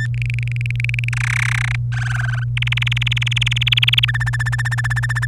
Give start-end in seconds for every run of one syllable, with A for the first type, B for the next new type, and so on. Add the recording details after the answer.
0.00-0.07 A, 0.14-1.09 B, 1.13-1.76 C, 1.92-2.44 D, 2.57-4.05 E, 4.08-5.25 F. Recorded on 27 April 2018 at 08:29. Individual llb3